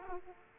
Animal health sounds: mosquito wingbeat signal from an infrared sensor; Aedes aegypti

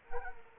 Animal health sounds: mosquito wingbeat signal from an infrared sensor; Culex quinquefasciatus

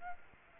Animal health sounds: mosquito wingbeat signal from an infrared sensor; Aedes albopictus

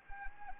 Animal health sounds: mosquito wingbeat signal from an infrared sensor; Anopheles arabiensis

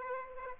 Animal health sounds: mosquito wingbeat signal from an infrared sensor; Aedes aegypti

